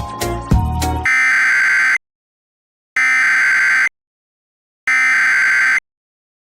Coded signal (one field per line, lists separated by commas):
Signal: Emergency Alert System (SAME) tones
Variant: header bursts